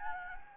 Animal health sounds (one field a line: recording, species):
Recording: mosquito wingbeat signal from an infrared sensor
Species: Anopheles gambiae